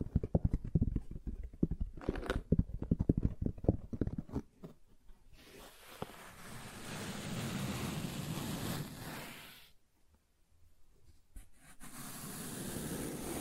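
Soft tracing over smooth and rough surfaces, starting with quick, irregular scratchy taps for the first four seconds. A steadier brushing rub follows from about five to nine seconds, then a brief pause with a few light ticks, and another smooth, hissing rub closes it.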